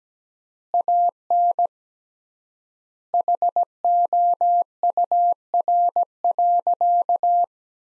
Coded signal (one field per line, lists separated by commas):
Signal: Morse code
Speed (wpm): 17 wpm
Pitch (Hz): 700 Hz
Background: none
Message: AN HOUR.